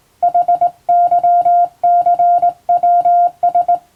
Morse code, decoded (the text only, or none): HYCWS